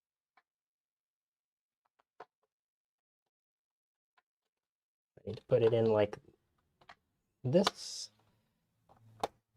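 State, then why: Not seated. An unidentified plastic part is handled and worked into the body of a JDM laptop, with faint scattered ticks and light clicks as someone talks. Nothing has seated or clicked into place yet.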